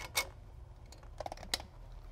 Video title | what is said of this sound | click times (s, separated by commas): Performance TV - Ep 2010 | snap it into place just like that | 1.5 s